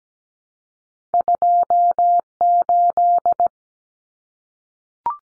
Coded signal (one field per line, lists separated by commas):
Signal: Morse code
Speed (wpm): 17 wpm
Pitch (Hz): 700 Hz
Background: none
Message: 28